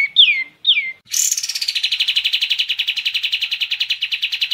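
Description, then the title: Bulbul opens with two clear descending whistles, then launches into a rapid rattling trill of regular buzzy pulses that continues to the end. Masteran recording used for training songbirds. "Masteran Kapas Tembak"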